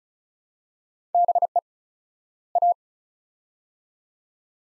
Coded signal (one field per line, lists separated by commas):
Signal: Morse code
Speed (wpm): 36 wpm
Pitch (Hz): 700 Hz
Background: none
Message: BE A